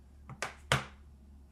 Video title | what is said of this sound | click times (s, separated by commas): iFLYTEK AINote 2 - the BEST e-ink productivity tab | And this actually just snaps right into it. And now it's in there really solid. | 0.7 s